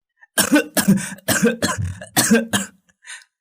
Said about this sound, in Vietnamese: vừa nói vừa ôm bụng cười tới nỗi ho sặc sụa.